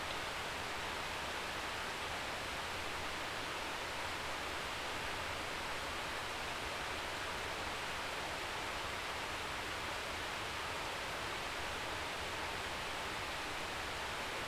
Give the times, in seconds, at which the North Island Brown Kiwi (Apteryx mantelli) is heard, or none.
none